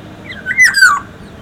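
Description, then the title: Black-naped oriole song, a brief rich whistle that lifts then glides downward, sung once amid soft constant background noise. "Kepodang"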